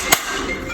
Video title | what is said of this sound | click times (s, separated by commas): Service Training: c400 Handling Mechanism Replacement | And then now we can pinch these two sides, lock it in place, and you got your new handling mech. | 0.1 s